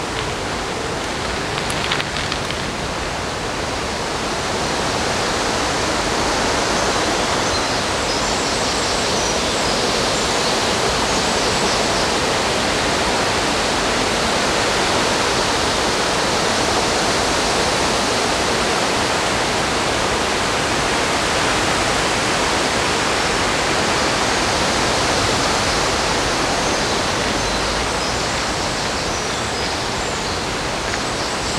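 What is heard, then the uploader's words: Rushing river water along a stretch in Odense, Denmark, with a dense, steady hiss that barely changes over the half minute. The flow sounds like a small weir or fast current, bright and full, with faint brief splashes near the start. Sounds along the river in Odense, Denmark.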